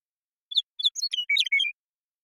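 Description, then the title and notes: Western meadowlark singing: a pair of clear opening notes leading into a quick, liquid, flutelike tumble of warbled syllables; nothing else audible. Song; recorded in the Pacific Northwest, Washington, United States; isolated and processed from the original with natural pace and rhythm kept. "Western Meadowlark, Sturnella neglecta, song, contact calls, and flush, isolated and processed from original, natural pace and rhythm maintained, family: Troupials and Allies Recorded in the beautiful Pacific Northwest in Washington, United States"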